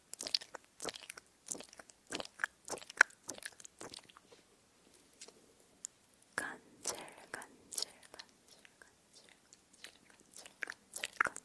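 Tingly mouth sounds: quick, wet clicks and smacks come in irregular clusters, bright and crisp, with brief pops between them. The sounds thin out to a few scattered ticks around the middle, then return in denser bursts near seven seconds and again at the end.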